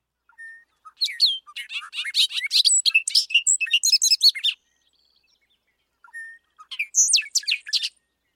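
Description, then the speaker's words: Bobolink song: a rapid, bubbly jumble of metallic, tinkling notes tumbling for several seconds, a pause, then another short burst. Song learned from parents at a young age; found in prairies or tall grasslands. "So let's hear a little bit of the bobolink song."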